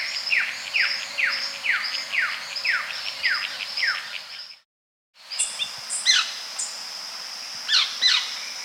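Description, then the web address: Carmiol's Tanager giving a fast series of sharp downslurred notes about twice per second, a brief pause, then scattered notes. "Natures Songs S America Carmiol's Tanager"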